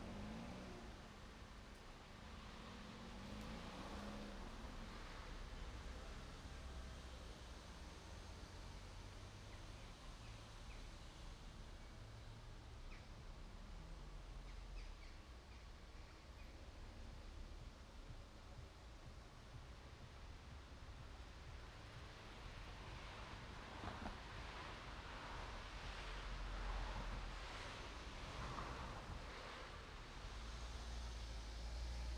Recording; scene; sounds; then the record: everyday scene through a hearing-aid microphone; in traffic; traffic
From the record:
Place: main road on the outskirts, rush hour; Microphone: in the ear canal, right